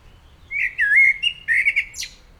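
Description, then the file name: Common blackbird song: a flowing series of mellow whistled notes ending in a sharp high squeak. "Turdus merula"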